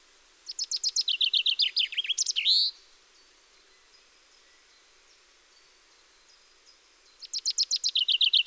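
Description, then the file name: Common chaffinch delivers a fast, cascading trill that drops in pitch and ends in a ringing flourish, then, after several quiet seconds, begins another song. "Fringilla coelebs"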